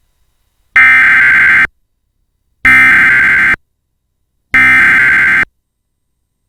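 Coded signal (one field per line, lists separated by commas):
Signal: Emergency Alert System (SAME) tones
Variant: header bursts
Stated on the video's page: Fire warning issued by civil authority via IPAWS for a grass fire in Logan County, Nebraska.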